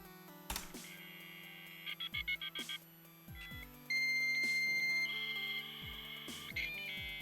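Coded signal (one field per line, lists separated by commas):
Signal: dial-up modem handshake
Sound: rapid dialing beeps, a steady high answer tone, then harsh modem hiss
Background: game background music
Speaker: Modem sound the game, basically.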